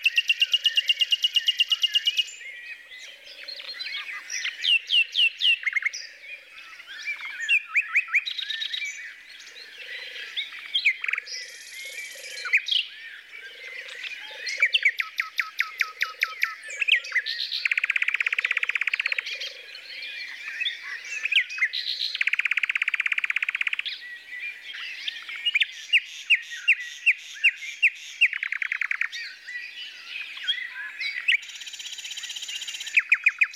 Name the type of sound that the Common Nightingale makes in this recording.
song